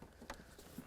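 A plastic dash trim piece around the auxiliary outlet of a 2003-2021 Chevrolet Express 3500 is pressed in, with the notch on the outlet lined up with its retaining clip. After a faint tap near the start, a short, sharp snap sounds at 0.3 s as the clip engages and the trim piece seats.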